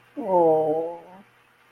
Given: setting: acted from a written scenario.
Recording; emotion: vocal sound without words; sympathy